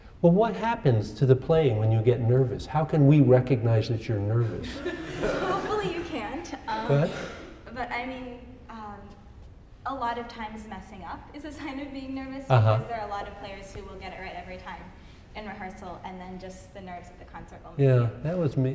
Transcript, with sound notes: Well, what happens to the playing when you get nervous? How can we recognize that you’re nervous? [laughter] Hopefully you can’t, but a lot of times messing up is a sign of being nervous because there are a lot of players who will get it right every time in rehearsal and then just the night of the concert will — Yeah, that was me.